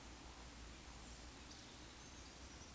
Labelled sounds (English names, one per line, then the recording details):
Eurasian Woodcock whistle
Eurasian Woodcock croak
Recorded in Baden-Württemberg, Germany, on 16 June 2021 at 19:56 UTC
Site 20675, 466 m above sea level